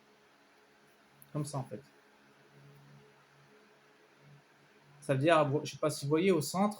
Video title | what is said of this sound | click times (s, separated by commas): numéro 21 de k2000 montage de la turbine Partie 3 | après ils me disent comme quoi il faut qu'on clique ça comme ça je vais vous montrer | 1.2 s